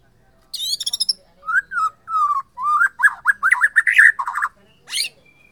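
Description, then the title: White-rumped shama singing a short burst: high ringing notes, then mellow whistles and a quick tumbling series of warbled notes. Borneo form. "MURAI BORNEO MAS KIKI"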